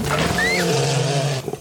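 American black bear giving a low, drawn-out moaning growl lasting over a second, with a brief whistled rising note above it.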